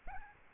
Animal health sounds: mosquito wingbeat signal from an infrared sensor; Aedes albopictus

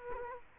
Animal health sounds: mosquito wingbeat signal from an infrared sensor; Culex quinquefasciatus

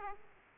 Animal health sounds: mosquito wingbeat signal from an infrared sensor; Aedes aegypti

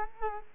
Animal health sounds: mosquito wingbeat signal from an infrared sensor; Culex quinquefasciatus

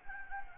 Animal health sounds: mosquito wingbeat signal from an infrared sensor; Anopheles gambiae

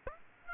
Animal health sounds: mosquito wingbeat signal from an infrared sensor; Aedes aegypti

